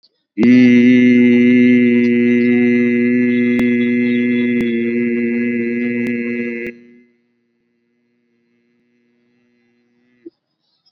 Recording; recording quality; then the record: sustained vowel as in beet; excellent, no background noise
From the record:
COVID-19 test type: RT-PCR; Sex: male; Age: 29 years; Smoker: yes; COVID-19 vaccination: both doses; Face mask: worn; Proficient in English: yes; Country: India